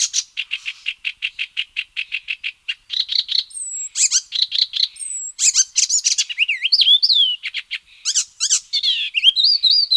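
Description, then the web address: Icterine warbler song of rapid repeated notes, high drawn-out whistles and twisting phrases mixed with harsh chattering bursts. "Schulze Peter Icterine Warbler song"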